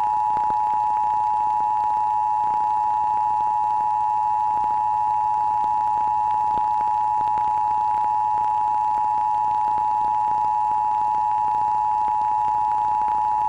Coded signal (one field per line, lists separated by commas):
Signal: Emergency Alert System (SAME) tones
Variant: 853 and 960 Hz attention tone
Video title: Evolution of Emergency Broadcast System tests (1980-1996)